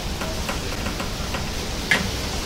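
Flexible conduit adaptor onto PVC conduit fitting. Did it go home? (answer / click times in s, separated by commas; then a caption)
yes / 1.9 s. After earlier failed attempts, a flexible conduit adaptor is worked onto a PVC conduit fitting over a steady low background hiss with faint light ticks. A sharp click-like hit sounds at 1.9 s as the adaptor seats and engages correctly.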